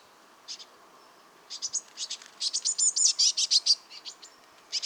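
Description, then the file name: Eurasian blue tit calling with thin, high chirps that start sparse and quicken into a dense, rapid run of notes before thinning out again. "Cyanistes caeruleus"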